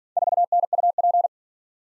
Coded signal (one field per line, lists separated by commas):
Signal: Morse code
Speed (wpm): 47 wpm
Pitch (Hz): 700 Hz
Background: none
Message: 4NUP